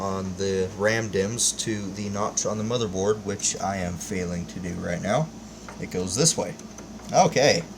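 A RAM DIMM is handled over a motherboard DIMM slot while someone talks, lining up the notch on the module with the notch in the slot and turning it the right way round. There are no sharp clicks, only speech over a steady hum, and the module has not yet seated or snapped into the retention clips.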